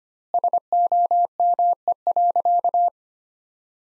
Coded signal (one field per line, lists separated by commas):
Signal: Morse code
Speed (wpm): 25 wpm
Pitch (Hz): 700 Hz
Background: none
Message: SOME.